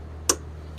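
A tight plastic harness clip on an engine bracket of a 2013–2020 Nissan Pathfinder, partly covered by the wiring harness, is pried off during a spark plug replacement. A sharp click at 0.3 s marks the clip releasing, with a low steady hum underneath and another brief click at the very end.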